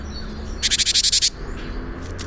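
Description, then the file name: Great tit churring call: a single dry, buzzy rattle of several rapid pulses lasting under a second, over faint background chirps. "Parus major"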